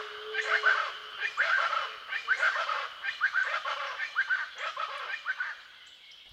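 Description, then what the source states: Plain Chachalaca cackling, harsh repeated rhythmic calls from several birds overlapping. Several pairs calling from different directions, a cacophony of cackling; lower Rio Grande Valley, Texas.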